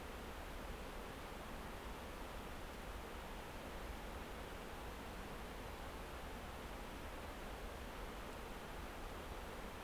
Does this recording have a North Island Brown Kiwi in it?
no